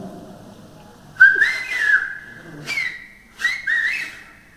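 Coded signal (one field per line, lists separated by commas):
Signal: whistled language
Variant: Silbo canario (whistled Spanish)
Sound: loud clear whistle gliding up and down in three connected phrases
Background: faint room noise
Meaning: Antonio, I'm coming up now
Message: Antonio, ya voy para arriba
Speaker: vamos a grabar la siguiente secuencia son seis frases isidro por favor me puede silbar antonio ya voy para arriba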